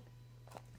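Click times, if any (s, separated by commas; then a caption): 0.6 s. On a carbon fiber camera slider, the drive cable is routed around the slotted pulley and pulled up into the guide of the pulley assembly. A steady low hum runs throughout, and a short rustle leads into a sharp click at 0.6 s as the cable seats in the guide. A faint tick follows near the end.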